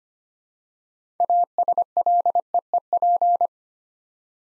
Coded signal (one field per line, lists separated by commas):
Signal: Morse code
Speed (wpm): 25 wpm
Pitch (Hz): 700 Hz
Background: none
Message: ASLEEP